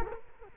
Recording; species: mosquito wingbeat signal from an infrared sensor; Culex quinquefasciatus